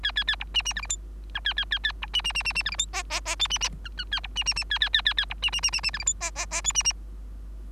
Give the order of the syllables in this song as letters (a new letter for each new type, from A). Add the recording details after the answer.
A A A B C C D E F G A A A A B C C C C C D E F H H H I C C G A A B C C C A A A A A B C C C C C D E F H H H I C C. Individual Bird3